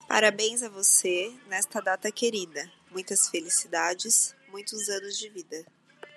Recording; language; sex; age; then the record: short text; Brazilian Portuguese; female; 20 to 29 years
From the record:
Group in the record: control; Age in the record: 28 years